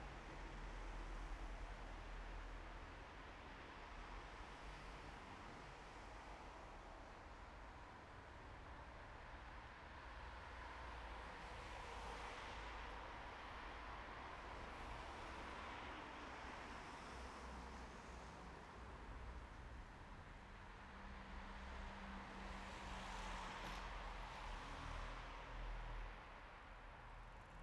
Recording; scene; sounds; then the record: everyday scene through a hearing-aid microphone; in traffic; traffic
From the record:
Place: bus stop on a city main road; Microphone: behind the ear, right, front